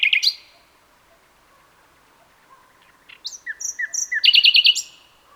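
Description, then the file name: Common nightingale song: a short loud opening note, a silent gap, then slurred whistles leading into a fast, pulsing rattle. "Luscinia megarhynchos"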